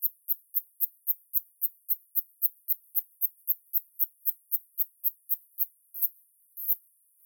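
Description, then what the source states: Cicadetta sibillae singing a steady series of short, very high-pitched pulses, with two softer, longer pulses near the end. Recorded at Pontremoli; kept at original frequency, not slowed.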